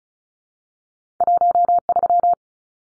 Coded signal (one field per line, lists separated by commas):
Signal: Morse code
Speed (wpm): 36 wpm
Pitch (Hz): 700 Hz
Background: none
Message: 13